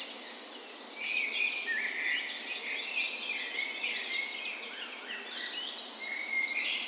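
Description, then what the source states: Birds in a birds: mixed birdsong, quieter for the first second, then a continuous tangle of high trills, whistles and twitters from several singers. Birds recorded in the morning of 17 May, Norway's National Day, in a park in west Bergen, Norway, in spring; Sony PCM A10 recorder with LOM Usi microphones.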